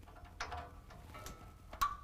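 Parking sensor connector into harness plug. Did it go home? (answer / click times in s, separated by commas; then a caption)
yes / 0.4 s. A parking sensor's plastic connector is pushed into its harness plug during installation of an N-Fab RBS rear bumper on a 2017 Ford F-150. A sharp click at 0.4 s marks the connector seating, followed by a fainter tick at about 1.3 s. The connector is confirmed clicked in and seated.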